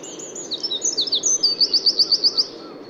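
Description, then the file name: Eurasian wren song: a few high slurred notes leading into a steady trill of sharp, evenly spaced notes. "Troglodytes troglodytes"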